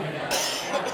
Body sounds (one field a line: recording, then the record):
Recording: coughing mixed with background sound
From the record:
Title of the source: Dry Afternoon Cough